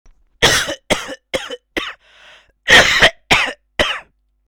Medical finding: Cough.